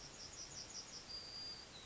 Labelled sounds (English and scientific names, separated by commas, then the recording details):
Yellowhammer (Emberiza citrinella) song
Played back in forest
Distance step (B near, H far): G
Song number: 051